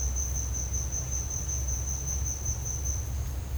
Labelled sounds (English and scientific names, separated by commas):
none